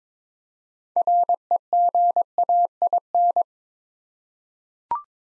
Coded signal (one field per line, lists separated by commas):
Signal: Morse code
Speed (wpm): 22 wpm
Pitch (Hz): 700 Hz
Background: none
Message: REGAIN